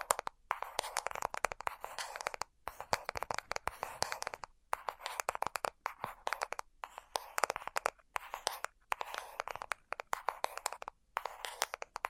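Quick, dense tapping and scratching sounds run in bursts of a second or two, broken by brief moments of silence. The taps are crisp and bright, clustered mostly in the middle and upper range, with no voices.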